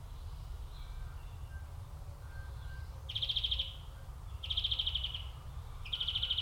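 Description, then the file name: European Greenfinch calls: three rapid buzzy trills in close succession, after faint thin notes, over low background noise. "Chloris chloris"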